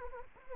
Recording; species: mosquito wingbeat signal from an infrared sensor; Anopheles arabiensis